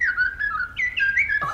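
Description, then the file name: Eurasian blackcap song: a short series of clear, fluty whistled notes that slide up and down, with a sharp click near the end. Recorded 8 April 2014. "moenchsgrasmuecke"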